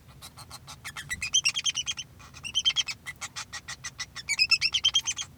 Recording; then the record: song of a male Bengalese finch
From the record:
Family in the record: son of father 2